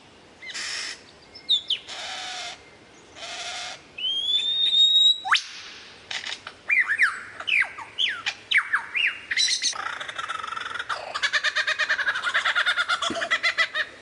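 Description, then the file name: Lyrebird song: three buzzy bursts, a rising whistled slide, quick sweeping notes, then a long fast chattering rattle. Variations. "suara lyrebird variasi"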